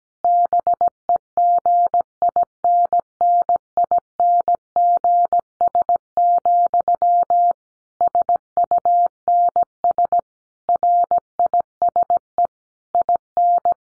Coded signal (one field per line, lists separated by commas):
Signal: Morse code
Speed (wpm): 17 wpm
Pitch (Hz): 700 Hz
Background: none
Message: BEGINNINGS, SUNS RISE IN